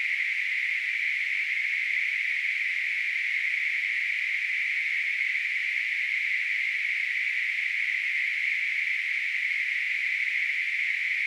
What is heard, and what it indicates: Tinnitus.